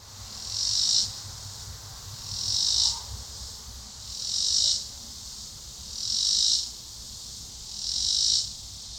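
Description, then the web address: Robinson's cicada song: high, hissing buzzes of about one second, swelling then cutting off, repeated roughly every two seconds, five bursts in all, over a faint low rumble. Recorded in 2006. "Cicada images 2006 T robinsoniana"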